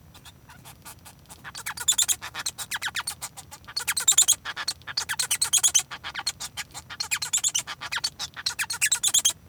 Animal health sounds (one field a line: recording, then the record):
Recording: song of a male Bengalese finch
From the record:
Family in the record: son of father 1